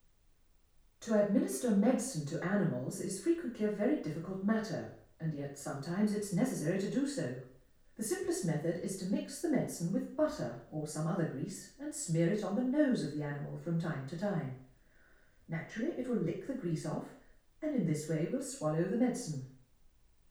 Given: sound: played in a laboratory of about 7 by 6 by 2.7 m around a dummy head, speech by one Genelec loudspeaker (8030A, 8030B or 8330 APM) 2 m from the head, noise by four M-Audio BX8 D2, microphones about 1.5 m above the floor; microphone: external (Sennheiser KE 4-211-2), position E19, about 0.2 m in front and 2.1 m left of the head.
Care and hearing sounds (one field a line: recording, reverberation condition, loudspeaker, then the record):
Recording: female speech in English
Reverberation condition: medium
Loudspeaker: behind (180 degrees)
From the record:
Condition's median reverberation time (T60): about 510 ms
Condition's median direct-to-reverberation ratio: about -0.5 dB